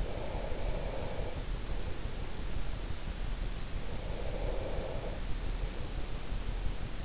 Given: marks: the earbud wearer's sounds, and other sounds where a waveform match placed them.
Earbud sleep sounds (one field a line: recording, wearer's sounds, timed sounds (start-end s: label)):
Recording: sounds in sleep by an in-ear microphone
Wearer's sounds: breath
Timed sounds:
0.00-3.10 s: breath
3.75-6.07 s: breath